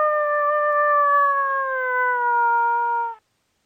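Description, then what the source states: Coyote giving a long drawn-out howl that slowly slides downward in pitch over about three seconds before stopping abruptly. Call associated with mating.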